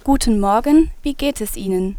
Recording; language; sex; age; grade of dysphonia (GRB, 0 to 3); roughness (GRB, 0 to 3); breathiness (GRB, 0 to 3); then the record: spoken sentence; German; female; 20 to 29 years; 1; 1; 0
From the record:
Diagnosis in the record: healthy voice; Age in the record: 26 years